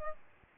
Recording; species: mosquito wingbeat signal from an infrared sensor; Aedes albopictus